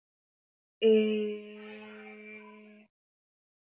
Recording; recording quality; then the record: sustained vowel as in made; excellent, no background noise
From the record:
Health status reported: healthy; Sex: female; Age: 26 years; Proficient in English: yes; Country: India